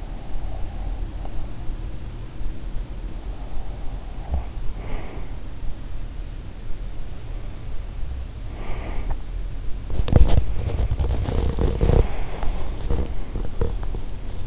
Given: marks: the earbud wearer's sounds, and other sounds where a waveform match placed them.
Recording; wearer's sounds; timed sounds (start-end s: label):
sounds in sleep by an in-ear microphone; breath, teeth grinding
0.00-1.77 s: breath
3.37-5.28 s: breath
8.38-9.29 s: breath
9.83-14.46 s: teeth grinding